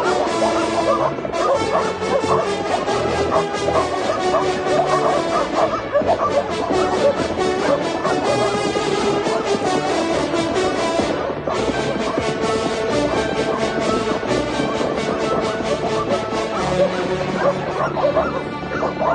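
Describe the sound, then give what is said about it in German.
A pack of hunting hounds in an English fox hunt, rushing across a heath, bays and barks continuously, many dogs overlapping in a dense, loud chorus of yelps and higher whimpers with no pauses, and no one speaking. “Eine waschechte englische Fuchsjagd hatte sich ausgerechnet diesen Moment ausgesucht, um über unser Stück Heide zu preschen.”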